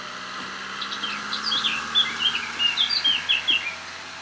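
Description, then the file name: Eurasian blackcap singing a rapid, jumbled warble of varied high chirping notes, with a low background hum. "Sylvia atricapilla"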